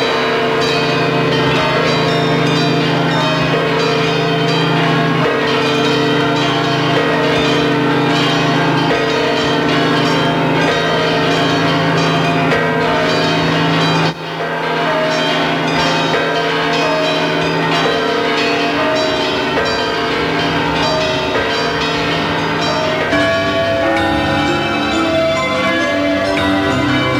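Church bells ring for Christmas from bell towers of cathedrals and small convents across Spain, high and low bells, centuries-old and recent, in a dense, continuous peal, many overlapping metallic strikes and long humming tones layered together, loud throughout with a brief dip midway before the clanging resumes.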